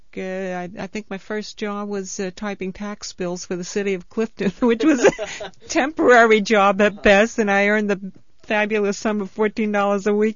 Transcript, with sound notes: I think my first job was typing tax bills for the city of Clifton, (they laugh) which was a temporary job at best and I earned the fabulous sum of fourteen dollars a week.